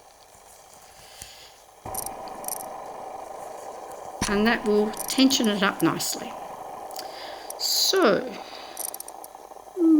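Thread is wrapped around a circular craft frame, being passed under again toward a notch or slot to tension it up. Soft handling rustles and small ticks are heard as someone talks. Nothing has clicked or seated yet when the clip ends.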